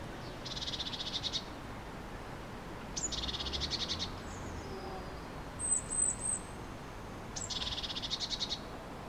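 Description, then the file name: Eurasian blue tit rattling churrs repeated three times, each about a second long, with a brief run of thin high whistled notes in between. "Cyanistes caeruleus"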